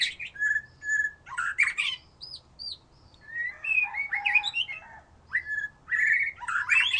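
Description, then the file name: White-rumped shama song of scattered whistles, chattering bursts and slurred notes separated by short pauses. "murai batu"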